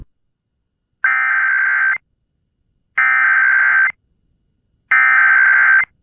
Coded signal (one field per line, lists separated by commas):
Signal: Emergency Alert System (SAME) tones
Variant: header bursts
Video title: Amber Alert Emergency Alert System alert airs on WBAP, KSCS and KTXD on 1/26/23.